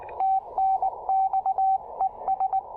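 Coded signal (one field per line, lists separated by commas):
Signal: Morse code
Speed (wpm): 19 wpm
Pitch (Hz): 770 Hz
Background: radio noise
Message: TNX ES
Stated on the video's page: QRP POTA CW activation on 40 meters using a Yaesu FT-817ND with a new filter, a pressure paddle and an MC-750 antenna.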